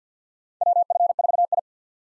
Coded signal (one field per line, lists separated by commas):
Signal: Morse code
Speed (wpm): 50 wpm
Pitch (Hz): 700 Hz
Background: none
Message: WF4I